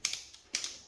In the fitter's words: and you'll see it just keeps spinning so it's not tight enough it won't bite down so you can't get a talk